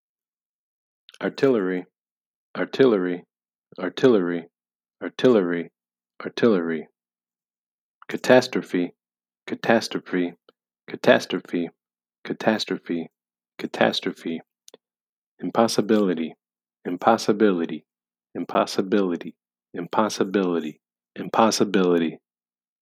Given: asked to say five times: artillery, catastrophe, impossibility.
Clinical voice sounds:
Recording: three words, each repeated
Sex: male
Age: 40 to 49 years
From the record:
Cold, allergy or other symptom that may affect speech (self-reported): no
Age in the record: 41 years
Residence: Illinois, United States

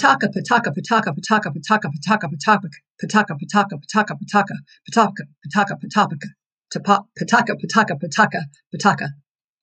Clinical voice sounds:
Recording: repeated syllables /pa ta ka/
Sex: female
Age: 60 to 69 years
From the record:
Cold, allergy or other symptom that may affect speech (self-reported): no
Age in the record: 60 years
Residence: Arkansas, United States

